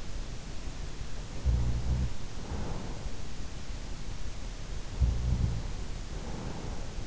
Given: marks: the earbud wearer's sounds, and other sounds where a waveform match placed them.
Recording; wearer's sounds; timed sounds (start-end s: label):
sounds in sleep by an in-ear microphone; snoring breath
1.33-3.45 s: snoring breath
4.89-6.83 s: snoring breath